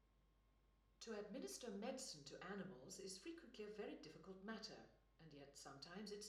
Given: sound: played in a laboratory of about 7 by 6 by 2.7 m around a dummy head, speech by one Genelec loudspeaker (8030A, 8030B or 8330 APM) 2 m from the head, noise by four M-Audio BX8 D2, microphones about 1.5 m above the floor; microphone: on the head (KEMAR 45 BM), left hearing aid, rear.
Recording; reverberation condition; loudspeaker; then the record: female speech in English; medium; 120 degrees to the left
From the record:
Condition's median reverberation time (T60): about 510 ms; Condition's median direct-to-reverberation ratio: about -0.5 dB